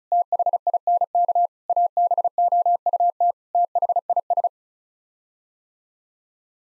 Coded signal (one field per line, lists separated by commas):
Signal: Morse code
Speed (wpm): 34 wpm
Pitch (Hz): 700 Hz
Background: none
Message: THINK ABOUT THIS